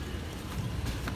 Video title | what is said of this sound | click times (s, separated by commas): 2008 TOYOTA 4RUNNER HIGH MILEAGE REVIEW- part 3- drive | is after years of operating up and down. Still locks into place. | 1.1 s